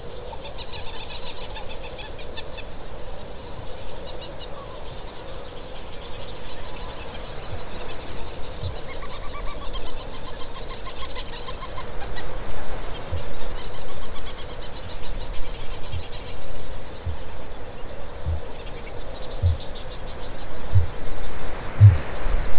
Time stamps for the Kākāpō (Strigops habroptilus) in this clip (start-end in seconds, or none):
7.21-9.04, 12.86-13.35, 15.76-17.40, 17.96-22.08